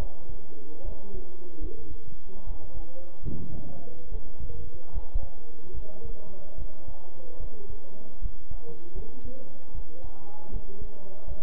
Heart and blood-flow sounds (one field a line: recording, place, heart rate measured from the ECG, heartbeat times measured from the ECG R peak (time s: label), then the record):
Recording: heart sounds by stethoscope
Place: between the tricuspid and mitral areas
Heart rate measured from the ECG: 75 bpm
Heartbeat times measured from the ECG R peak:
0.84 s: heartbeat
1.61 s: heartbeat
2.46 s: heartbeat
3.23 s: heartbeat
4.11 s: heartbeat
4.93 s: heartbeat
5.74 s: heartbeat
6.57 s: heartbeat
7.40 s: heartbeat
8.21 s: heartbeat
8.95 s: heartbeat
9.74 s: heartbeat
10.52 s: heartbeat
11.27 s: heartbeat
From the record:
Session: bicycle stress test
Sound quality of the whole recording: good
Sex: male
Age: 23 years